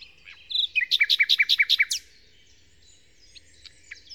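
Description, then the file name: Common nightingale song: a short whistle followed by a rapid series of rich repeated notes, then a quieter stretch of faint high twittering and thin notes. Nightingale song in Kent, 2008. "nightingale-song-recorded-in-kent-2008-by-phil-riddett"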